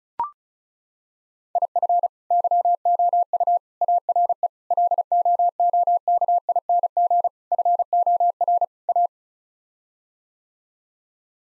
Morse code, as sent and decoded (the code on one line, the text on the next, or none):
.. ..-. / -.-- --- ..- / .- .-. . / .-.. --- --- -.- .. -. --. / ..-. --- .-. / .-
IF YOU ARE LOOKING FOR A